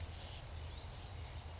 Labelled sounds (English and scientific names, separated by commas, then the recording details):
California Towhee (Melozone crissalis)
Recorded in Sonoma County, California